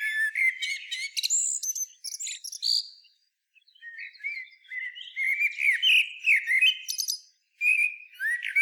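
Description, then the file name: Common blackbird singing rich, fluty whistled phrases that break into thin, scratchy high notes, one phrase after another with brief pauses between. "Turdus merula"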